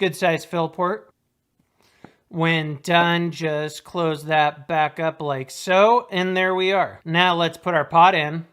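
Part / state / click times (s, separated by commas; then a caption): vape pod into device body / not seated / none. Someone talks while handling a Geekvape Aegis Hero vape device, closing the fill port and about to push the plastic pod into the device body, with a faint short tap at about 2.1 s during a brief pause. Nothing has seated or clicked into place yet.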